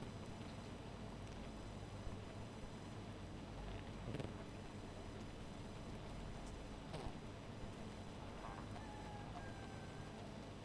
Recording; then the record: honeybee colony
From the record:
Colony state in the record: missing queen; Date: 14 July 2017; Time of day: 0:05